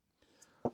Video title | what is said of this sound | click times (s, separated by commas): GoPro hero 12 First impression is a bad one not the camera | the same way you got it off, and lock it up. | 0.6 s